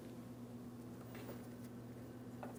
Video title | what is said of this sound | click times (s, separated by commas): How to Replace Front Window Regulators 2003-2008 Toyota Matrix | We're going to align our locking tab areas here, press them together. Audible click, | 2.4 s